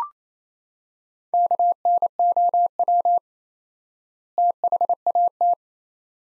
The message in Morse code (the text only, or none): KNOW THAT